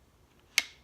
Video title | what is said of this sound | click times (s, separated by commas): The best portable pocket hole machine ever❗️ | just past the click I can | 0.6 s